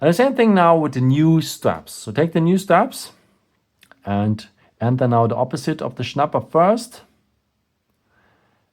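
Someone talks while fitting a new silicone quick-release strap into the lug of a Redmi Watch 5 Active smartwatch, placing the fixed end in first before the spring bar is pulled in and the strap is pushed home. Only two faint, brief ticks near 3.8 and 3.9 seconds break the quiet handling, and nothing has seated or clicked yet.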